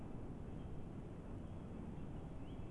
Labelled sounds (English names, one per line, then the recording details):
Song Thrush
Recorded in Germany
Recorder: ecoPi